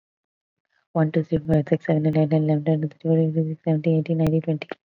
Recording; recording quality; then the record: counting at a fast pace; excellent, no background noise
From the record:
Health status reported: COVID-19 positive, moderate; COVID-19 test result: positive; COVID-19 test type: RT-PCR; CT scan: not taken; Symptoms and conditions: cough, cold, sore throat, fever, fatigue, muscle pain, another condition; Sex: female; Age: 28 years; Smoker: no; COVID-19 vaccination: both doses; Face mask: worn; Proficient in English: yes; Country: India